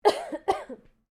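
Two short, sharp cough bursts about half a second apart, each with a loud explosive onset that fades into a brief rough tail. An acted adult female cough in a quiet room.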